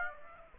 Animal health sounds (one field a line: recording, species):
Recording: mosquito wingbeat signal from an infrared sensor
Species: Aedes aegypti